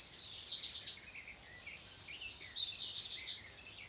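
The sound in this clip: Black redstart song, high crackling phrases repeated over steady background hiss, with a few softer lower chirps mixed in.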